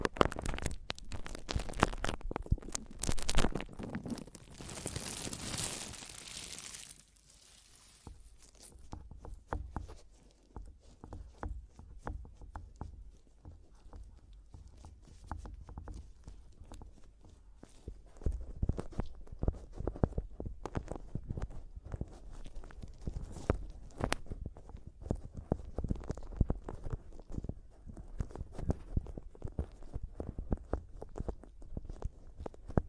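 Mic tapping and scratching, with dense clusters of sharp taps and thumps through the clip. The first seven seconds are loudest, with a bright rushing scratch around five to seven seconds. After that comes a quieter stretch of lighter, irregular tapping and rubbing, which builds again toward the end.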